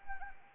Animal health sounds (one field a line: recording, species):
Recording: mosquito wingbeat signal from an infrared sensor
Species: Anopheles arabiensis